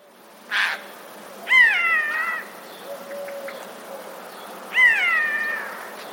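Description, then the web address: Eurasian jay giving drawn-out, cat-like mewing calls that slide downward, two about three seconds apart, with a short rasping burst before the first. Recorded 13 February 2022. "wroblowe ostrzegator sojka"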